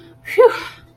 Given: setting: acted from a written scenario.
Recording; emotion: vocal sound without words; relief